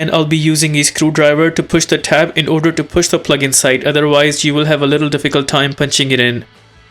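Someone talks over background music while the main wiring harness plug is being pressed into the tail light assembly socket of a 2020-2025 Nissan Versa, with a screwdriver used to push the tab. The talking stops near the end, leaving near silence, and nothing has seated or clicked yet.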